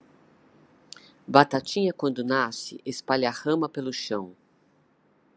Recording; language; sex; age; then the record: short text; Brazilian Portuguese; female; 60 to 69 years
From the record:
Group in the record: control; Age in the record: 60 years